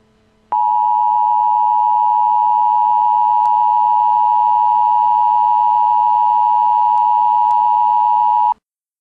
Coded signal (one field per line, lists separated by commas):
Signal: Emergency Alert System (SAME) tones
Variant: 853 and 960 Hz attention tone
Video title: EAS: Jacskon, Wyoming terrorist attack (I)